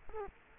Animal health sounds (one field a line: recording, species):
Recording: mosquito wingbeat signal from an infrared sensor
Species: Culex quinquefasciatus